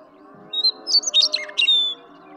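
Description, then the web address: Western meadowlark song: a thin opening whistle followed by a fast series of bubbling, slurred notes and a final clear whistle, over a soft low background hum. "birdsongforthecurious songs Western Meadowlark"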